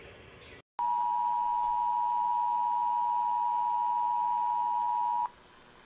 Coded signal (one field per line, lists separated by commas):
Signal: Emergency Alert System (SAME) tones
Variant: 853 and 960 Hz attention tone